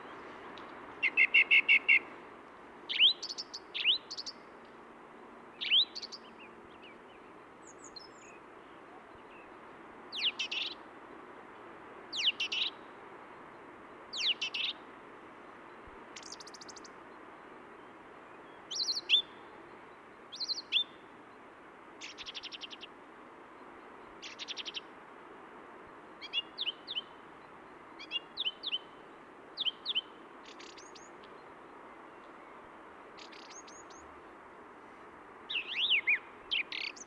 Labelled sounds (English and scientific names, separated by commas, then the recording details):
Song Thrush (Turdus philomelos) song
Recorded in the wild
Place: Oberstdorf, Bayern, DE
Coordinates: 47.3806, 10.2919
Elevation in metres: 900
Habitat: mountains
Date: 1977-03-20
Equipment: Nagra IV, Sennheiser MKH 405, Parabolreflektor
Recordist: Tretzel, Erwin
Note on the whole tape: Am Golfplatz, Dietersberg bei Oberstdorf: Gesang mit Imitiationen von Kohlmeise und Blaumeise